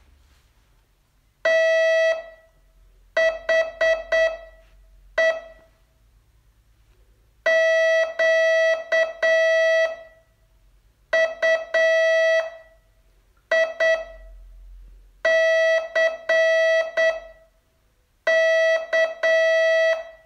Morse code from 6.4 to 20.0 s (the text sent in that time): QUICK